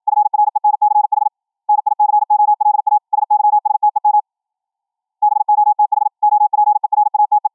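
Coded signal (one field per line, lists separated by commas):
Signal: Morse code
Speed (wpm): 53 wpm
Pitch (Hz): 840 Hz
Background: none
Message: FRENCH NICOLA SYSTEM BOTH OPERATE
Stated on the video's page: QRQ CW at 21 kHz VLF, generated by a Raspberry Pi 4 audio output into a tuned large ferrite rod antenna, received by a laptop sound-card SDR.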